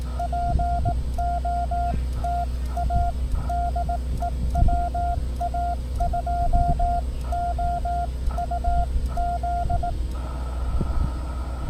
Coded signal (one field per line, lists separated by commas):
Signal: Morse code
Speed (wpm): 18 wpm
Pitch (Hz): 700 Hz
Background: none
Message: POTA DE WA2OUZ